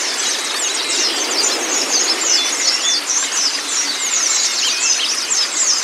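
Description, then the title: Oriental magpie-robin song: rapid, varied high whistles and sweeping chirps pouring out continuously over a steady hiss. "Kicau Kacer"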